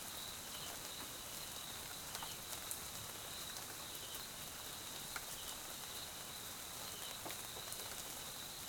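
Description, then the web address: Crickets trilling in a steady high-pitched drone, with faint pulsed chirping beneath and a soft patter of rain throughout. South African crickets in jungle at Mkhaya, Swaziland, recorded at night during rain. "Tonschliff - SOUTH AFRICAN CRICKETS BG Swaziland Mkhaya Jungle Night Rain"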